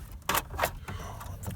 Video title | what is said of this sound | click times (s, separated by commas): 95 to 98 GM Truck Stereo Installation | this in till it clicks and then we're good | 0.3 s